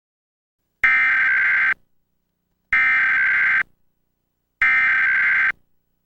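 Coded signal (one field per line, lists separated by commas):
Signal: Emergency Alert System (SAME) tones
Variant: header bursts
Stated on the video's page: Simulated national test alert on a fictional TV station; not real, never broadcast, may contain valid tones.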